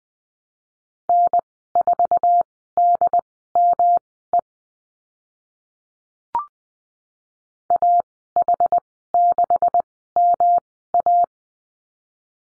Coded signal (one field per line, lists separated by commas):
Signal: Morse code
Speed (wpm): 20 wpm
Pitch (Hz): 700 Hz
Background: none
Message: N4DME AH6MA